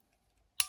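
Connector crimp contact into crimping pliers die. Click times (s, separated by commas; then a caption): 0.6 s. A small connector crimp contact is laid into the number 3 die of a crimping pliers and pushed in until it latches. A sharp, bright click at 0.6 s is followed by a short decaying ring and a faint tick at the end. The contact seats in the jaw.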